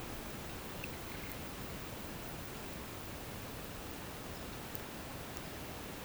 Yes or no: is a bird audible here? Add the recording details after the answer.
no. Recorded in pastures near Puerto Asís, Putumayo, Colombia, on 24 March 2025 at 12:00. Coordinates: 0.472, -76.329. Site G074